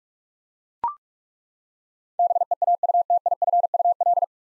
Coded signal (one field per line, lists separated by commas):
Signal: Morse code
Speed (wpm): 41 wpm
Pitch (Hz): 700 Hz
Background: none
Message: BEAUTIFUL